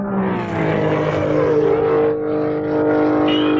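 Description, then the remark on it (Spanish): A car engine hums steadily and loudly, its droning tone rising slightly in pitch as José Álvarez Cruz's car, previously waxed by Sopitas, pulls off at night and drives home from his office in Morelos, Mexico, with no voices heard. “Esa noche, después de estar en su oficina media hora y comer con ejecutivos ligeros 4 horas, José Álvarez Cruz sube a su auto, previamente encerado por el Sopitas, y se dirige a su casa.”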